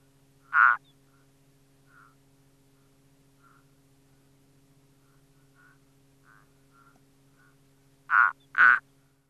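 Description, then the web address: Frog calls: one short croak, a long pause with faint soft notes, then two quick croaks at the end, over a low continuous hum. "Frog Frog Turtle"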